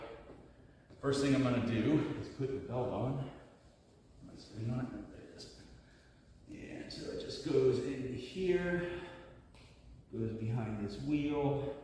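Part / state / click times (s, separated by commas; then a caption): abrasive belt into a belt sharpener tensioner / not seated / none. An abrasive sanding belt is fitted onto a powered belt sharpener, guided into the belt path and routed behind the wheel toward its spring-loaded tensioner, while someone talks. Brief handling sounds occur at about 6.9 s and 9.6 s, and the belt has not yet locked or clicked into place.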